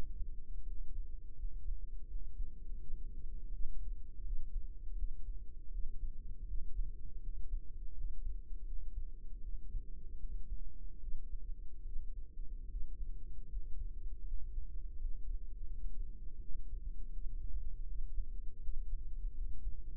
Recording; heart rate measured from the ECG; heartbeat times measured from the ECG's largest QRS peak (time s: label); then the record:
heart sounds by microphone in the right ear; 80 bpm
0.62 s: heartbeat
1.34 s: heartbeat
2.05 s: heartbeat
2.76 s: heartbeat
3.48 s: heartbeat
4.22 s: heartbeat
4.94 s: heartbeat
5.69 s: heartbeat
6.44 s: heartbeat
7.18 s: heartbeat
7.91 s: heartbeat
8.62 s: heartbeat
9.39 s: heartbeat
10.17 s: heartbeat
10.98 s: heartbeat
11.82 s: heartbeat
12.66 s: heartbeat
13.46 s: heartbeat
14.23 s: heartbeat
14.96 s: heartbeat
15.65 s: heartbeat
16.37 s: heartbeat
17.09 s: heartbeat
17.84 s: heartbeat
18.59 s: heartbeat
19.33 s: heartbeat
From the record:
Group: healthy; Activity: rest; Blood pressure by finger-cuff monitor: 102/61 mmHg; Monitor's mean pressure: 74 mmHg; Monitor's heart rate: 80 bpm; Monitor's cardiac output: 6.6 L/min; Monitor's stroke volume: 82 mL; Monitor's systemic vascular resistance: 790 dyn s/cm5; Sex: female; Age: 26 years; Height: 165 cm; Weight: 55 kg